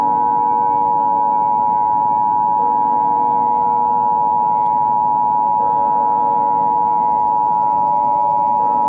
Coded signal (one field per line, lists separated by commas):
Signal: Emergency Alert System (SAME) tones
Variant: 853 and 960 Hz attention tone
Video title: Wow! Wow! Wubbzy! (EAS Scenario)